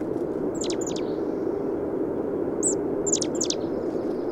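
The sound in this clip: Bird giving several high, sharp downslurred chirps in pairs and singles, half hidden in a loud continuous hiss.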